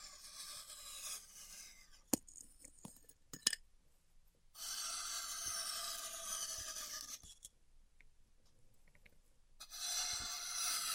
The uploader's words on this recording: ASMR Styrofoam Heat Cutting (No Talking).